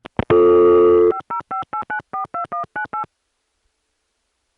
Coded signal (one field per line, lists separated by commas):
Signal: DTMF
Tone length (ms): 110 ms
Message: 5058942198